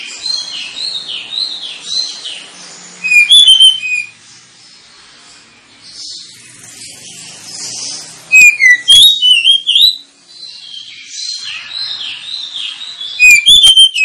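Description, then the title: Oriental magpie-robin singing, repeated loud bursts of piercing whistled notes every five seconds or so, with softer warbled passages in between. Lure of an Oriental magpie-robin (kacer) in loud, continuous song, used to provoke other kacer birds into singing and fighting. "Kacer Langsung Tarung Konslet KACER NGOTOT FULL TEMBAKAN. Kacer dimana SAJA Bakalan NGEPLONG GACOR dengan Pancingan Kacer ini"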